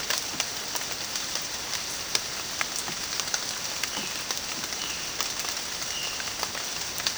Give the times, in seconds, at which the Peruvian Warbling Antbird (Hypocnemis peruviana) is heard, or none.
none